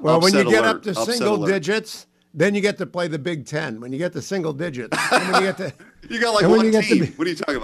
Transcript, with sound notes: Well, when you get up to single digits, then you get to play they Big Ten. When you get to single digits, when you get to be…
(laughing) You’ve got like one team. What are you talking about?